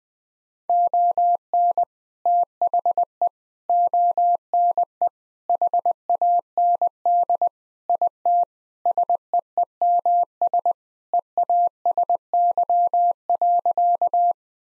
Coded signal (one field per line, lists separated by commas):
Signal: Morse code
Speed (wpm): 20 wpm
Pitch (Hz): 700 Hz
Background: none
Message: ON THE ONE HAND IT SEEMS EASY.